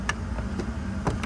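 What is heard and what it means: A second retaining clip is pushed into its mount on an aircraft component and locks into place with a sharp click at 0.1 s. Weaker knocks follow near 1.1 s and 1.2–1.3 s over a steady low hum, and the clip is seated.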